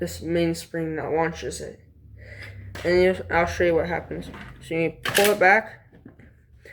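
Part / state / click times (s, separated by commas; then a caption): plunger catch in a foam dart blaster / seated / 6.2 s. Someone talks while pulling back the plastic plunger of a foam dart blaster, an Alpha Trooper CS-12, which is opened in half with its main spring removed. A few faint clicks follow, and at 6.2 s the small plastic catch locks the plunger in place.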